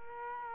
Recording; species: mosquito wingbeat signal from an infrared sensor; Culex quinquefasciatus